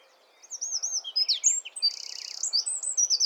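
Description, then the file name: Eurasian wren singing a dense, hurried run of high whistled notes broken by a fast buzzing trill, all delivered without pause. "Troglodytes troglodytes"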